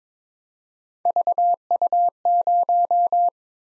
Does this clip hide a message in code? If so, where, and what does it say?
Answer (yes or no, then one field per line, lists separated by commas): yes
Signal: Morse code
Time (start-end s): 1.1-3.3 s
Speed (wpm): 22 wpm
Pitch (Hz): 700 Hz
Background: none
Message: VU0